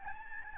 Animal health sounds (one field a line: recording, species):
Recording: mosquito wingbeat signal from an infrared sensor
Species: Aedes albopictus